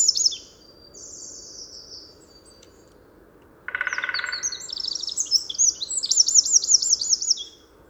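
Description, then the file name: Eurasian wren giving thin high notes, then after a buzzy, harsh lower call a long rapid song with rattling trills. "Troglodytes troglodytes"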